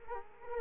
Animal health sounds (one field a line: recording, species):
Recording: mosquito wingbeat signal from an infrared sensor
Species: Culex quinquefasciatus